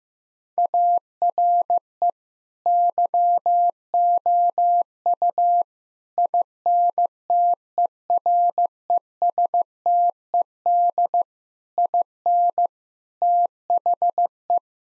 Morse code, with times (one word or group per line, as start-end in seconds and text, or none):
0.6-2.1 ARE
2.7-5.6 YOU
6.2-11.2 INTERESTED
11.8-12.7 IN
13.2-14.6 THE